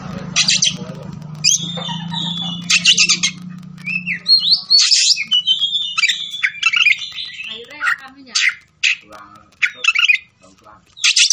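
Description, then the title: Oriental magpie-robin song of harsh buzzy bursts and brief whistled slurs, with a low droning hum during the first few seconds. Kacer fighting, persistent song full of 'tembakan' bursts, meant to make a kacer ready to fight within minutes. "Kacer Langsung Tarung Konslet KACER NGOTOT FULL TEMBAKAN"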